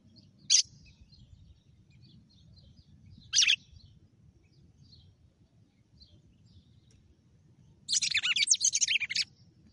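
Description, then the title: Red-cowled cardinal song: two sharp, isolated notes a few seconds apart, then a rapid burst of chattering, buzzy notes, over a low background hum. Female. "Canto Galo Campina Fêmea 06. GALO DE CAMPINA FENRIR - HJ FOI AÇOITE VIU??"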